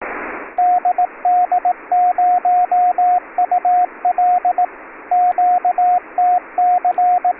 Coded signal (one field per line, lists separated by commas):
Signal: Morse code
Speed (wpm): 18 wpm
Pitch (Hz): 720 Hz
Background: radio noise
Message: DD0UL QTC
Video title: Kenwood TH-D74: APRS für Eilige